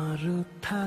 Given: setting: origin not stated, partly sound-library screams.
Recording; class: one-second piece from a danger detection set; normal situation